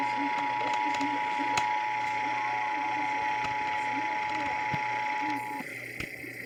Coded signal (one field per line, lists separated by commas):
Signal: Emergency Alert System (SAME) tones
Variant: 853 and 960 Hz attention tone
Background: speech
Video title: severe thunderstorm warning (EAS #41 & 42) Stations KGG68 channels 162.400 & AM 7.40 KHz 10/24/22